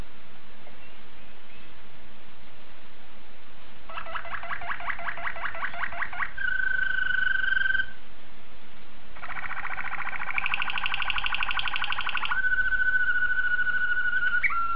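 Canary singing in bursts: rapid trilled tours alternating with steady whistled notes, over a low background hiss.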